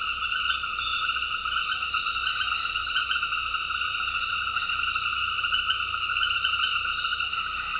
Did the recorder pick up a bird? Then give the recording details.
no. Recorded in dense forest near Puerto Asís, Putumayo, Colombia, on 19 February 2024 at 19:30. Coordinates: 0.484, -76.317. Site G6464